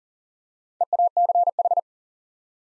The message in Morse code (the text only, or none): EACH